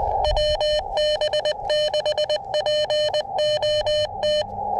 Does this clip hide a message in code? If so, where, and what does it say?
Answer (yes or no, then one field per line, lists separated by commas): yes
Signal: Morse code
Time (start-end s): 0.2-4.4 s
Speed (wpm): 20 wpm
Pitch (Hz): 600 Hz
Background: none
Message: WB6POT